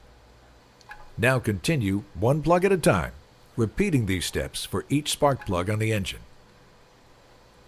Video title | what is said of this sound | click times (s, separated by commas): How To Properly Install Autolite Spark Plugs | an audible click indicates that the boots seated securely | 0.8 s, 0.9 s